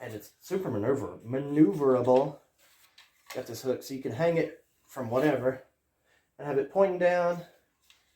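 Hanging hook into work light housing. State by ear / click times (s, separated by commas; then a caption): not seated / none. Someone talks while handling the hanging hook on a work light, moving it around its housing, with faint brief sounds near 3.0 s and 7.9 s between phrases. The clip ends before the hook snaps into its detent in the housing, so nothing has seated or clicked yet.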